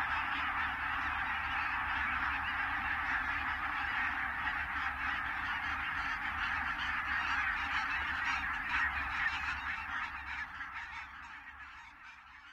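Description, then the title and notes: Barnacle Goose flock's rapid overlapping honks form a constant clamour that fades slightly toward the end. "Viikon luontoääni: Valkoposkihanhi. Asko Hauta-aho. Yle"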